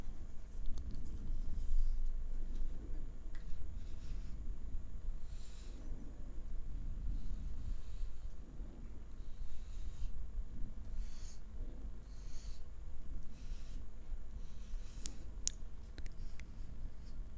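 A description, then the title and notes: Soft brushing strokes on an animal's fur repeat every second or two over a low, steady rumble, with occasional faint snuffling breaths. ASMR triggers on animals (brushing, stroking, touching).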